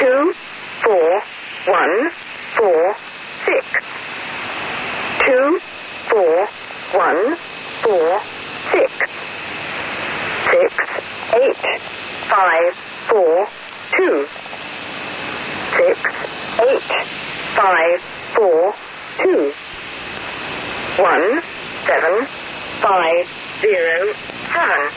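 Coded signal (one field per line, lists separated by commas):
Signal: numbers station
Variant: E3 Lincolnshire Poacher, English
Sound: synthetic voice reading digit groups in English, evenly spaced, through heavy radio static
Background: radio static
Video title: Linconshire Poacher Number Station Live broadcast Conet Project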